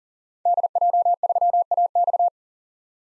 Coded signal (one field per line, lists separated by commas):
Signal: Morse code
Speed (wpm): 38 wpm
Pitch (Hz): 700 Hz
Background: none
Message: DJ3AX